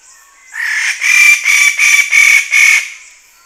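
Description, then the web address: Wallace's standardwing with a loud burst of six harsh, buzzy notes repeated rapidly, preceded and followed by quieter rasping. Recorded on Halmahera; the sound is identified as song. "wallaces-standardwing-song-halmahera-051006"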